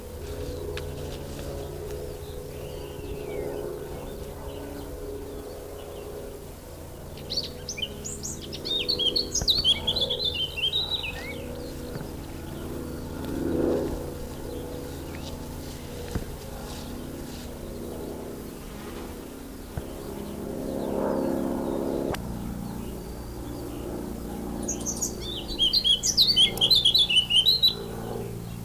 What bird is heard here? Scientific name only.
Sylvia atricapilla